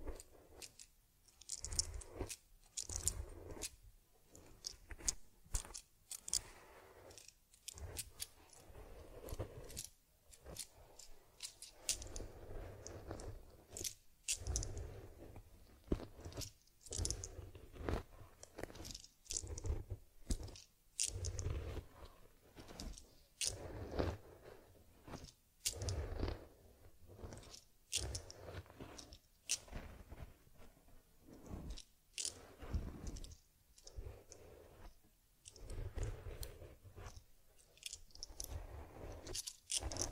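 Teddy bear care with head massage, combing and cleaning: close crunchy scratching and brushing strokes repeat in quick, uneven bursts through the whole clip. Soft rubbing fills the gaps, with a low steady hum underneath and occasional brighter clicks and scrapes.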